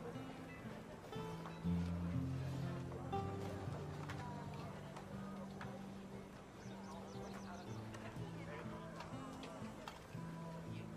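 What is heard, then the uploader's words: Murmured chatter in a quiet medieval town over a steady low hum of held tones, with soft clicks and clatters scattered throughout. Quiet medieval town | distance music/chatter/horse cart.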